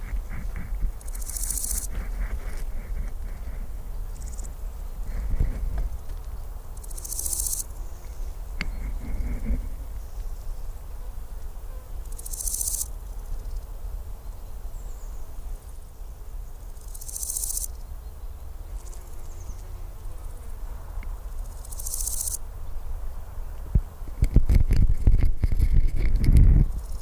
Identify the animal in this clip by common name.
Large Gold Grasshopper